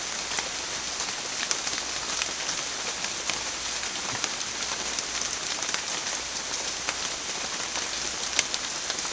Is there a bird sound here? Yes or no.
no